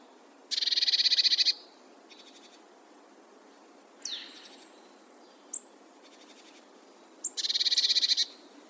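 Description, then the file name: Eurasian blue tit calling: two rapid buzzy churring bursts at start and end, with a softer chatter and a few high downslurred notes between. "Cyanistes caeruleus"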